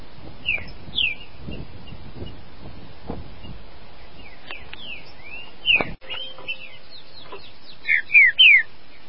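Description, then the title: Green-winged saltator singing short slurred whistled notes with long pauses between them, ending in a rapid group of three descending whistles. "Trinca Ferro"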